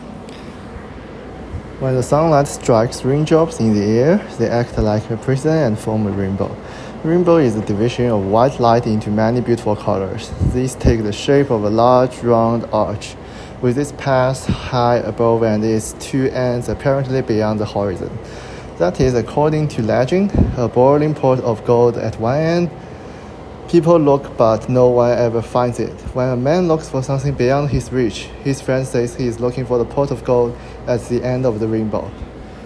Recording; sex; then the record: reading aloud after running; male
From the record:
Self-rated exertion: light exertion (2 of 6); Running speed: 7 miles an hour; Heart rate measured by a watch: 50 beats a minute at the start, 119 at the end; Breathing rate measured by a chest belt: 19 breaths a minute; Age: 23 years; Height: 172 cm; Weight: 73 kg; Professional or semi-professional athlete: no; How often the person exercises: 3 to 5 times a week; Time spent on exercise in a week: over 5 hours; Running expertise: yes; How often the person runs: 3 to 5 times a week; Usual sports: running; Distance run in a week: 40 km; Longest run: 20 km